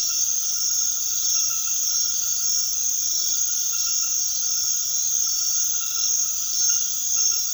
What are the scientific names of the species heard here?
none